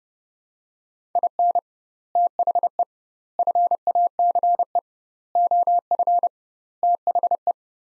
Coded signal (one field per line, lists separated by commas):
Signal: Morse code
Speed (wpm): 30 wpm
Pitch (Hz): 700 Hz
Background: none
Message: IN THE FACE OF THE